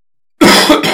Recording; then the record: coughing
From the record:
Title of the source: Man Coughing Sound - Wet Cough Sound Effect